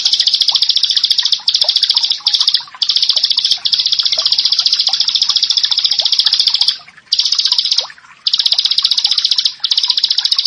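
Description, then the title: Bar-winged prinia song: a loud, buzzy, very rapid trill of high notes, held for stretches of up to a few seconds with brief breaks between bursts. "Ciblek Sawah"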